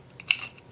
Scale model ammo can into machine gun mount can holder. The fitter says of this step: once it finds that sweet spot it just locks right into place